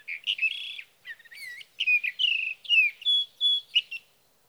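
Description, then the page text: Sage thrasher singing a quick run of varied phrases: buzzy slurs, clear whistles and a few short gaps between notes. Male singing through the night near his night roost, evening of June 12 to morning of June 15, 2018, Sierra Valley, California; Swift recorder. "Birdsong for the Curious Naturalist: Explore #7 Sage thrasher songs, through the night."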